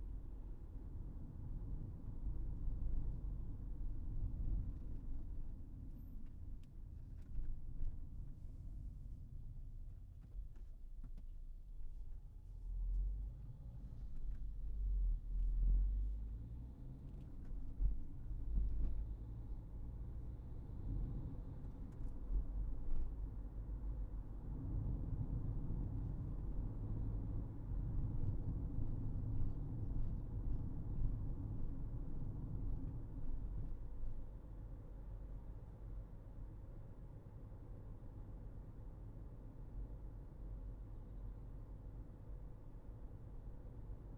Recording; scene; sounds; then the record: everyday scene through a hearing-aid microphone; in a vehicle; engine, traffic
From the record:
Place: Berlingo II, diesel engine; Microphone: behind the ear, right, front